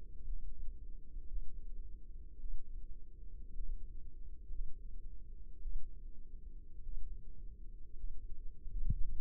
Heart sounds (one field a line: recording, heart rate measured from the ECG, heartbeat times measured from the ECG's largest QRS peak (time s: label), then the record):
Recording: heart sounds by microphone in the left ear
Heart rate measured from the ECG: 54 bpm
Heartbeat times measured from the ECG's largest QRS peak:
0.24 s: heartbeat
1.27 s: heartbeat
2.39 s: heartbeat
3.54 s: heartbeat
4.50 s: heartbeat
5.61 s: heartbeat
6.82 s: heartbeat
7.95 s: heartbeat
9.13 s: heartbeat
From the record:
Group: healthy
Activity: rest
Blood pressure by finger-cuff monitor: 94/56 mmHg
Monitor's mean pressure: 68 mmHg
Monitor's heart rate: 54 bpm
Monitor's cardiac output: 5 L/min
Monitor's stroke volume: 91 mL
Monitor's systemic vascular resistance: 970 dyn s/cm5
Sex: female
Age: 28 years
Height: 170 cm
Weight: 77 kg